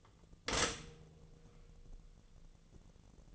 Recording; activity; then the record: daily activity, microphone in the room; stop toaster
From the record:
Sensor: 4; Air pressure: 1001.0 hPa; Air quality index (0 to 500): 164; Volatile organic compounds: 2 ppm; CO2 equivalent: 1193 ppm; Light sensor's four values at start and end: 17/37/16/17 and 17/38/16/17